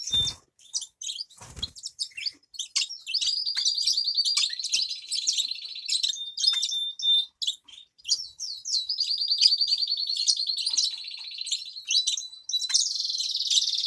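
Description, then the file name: Grass parakeet warbling: continuous high, twittering chatter with long buzzy trills, broken by sharp clicks and chirps throughout. "travyanye popugaiciki"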